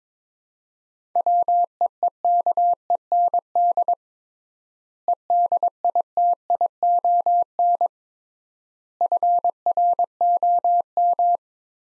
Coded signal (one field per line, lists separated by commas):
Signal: Morse code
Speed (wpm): 22 wpm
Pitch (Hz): 700 Hz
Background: none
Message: WEEKEND EDITION FROM